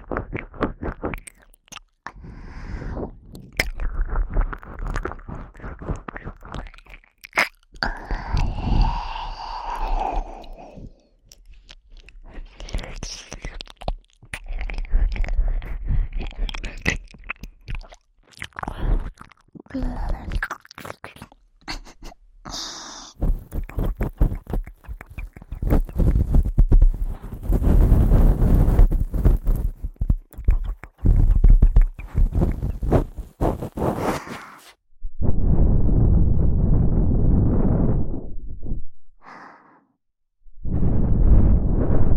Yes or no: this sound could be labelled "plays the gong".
no